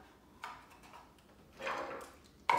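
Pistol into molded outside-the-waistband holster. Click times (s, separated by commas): 2.5 s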